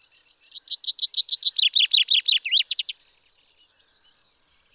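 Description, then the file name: Common chaffinch song: a fast series of bright, downward-slurred notes ending in a short flourish after about two and a half seconds, then near silence. "Fringilla coelebs"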